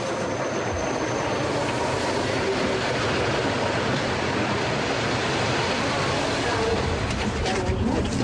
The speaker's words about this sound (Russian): Платформа железнодорожной станции. Стоят люди, подходит электричка.